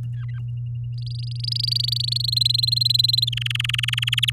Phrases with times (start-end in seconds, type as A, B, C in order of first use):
0.98-2.35 A, 2.36-3.25 B, 3.27-4.30 C